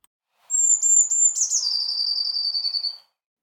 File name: Vorlesetext Steckbrief Blaumeise